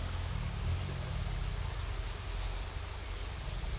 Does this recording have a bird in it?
no